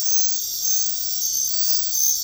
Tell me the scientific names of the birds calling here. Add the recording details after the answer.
none. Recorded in dense forest near Puerto Asís, Putumayo, Colombia, on 20 February 2024 at 02:30. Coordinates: 0.500, -76.322. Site G6465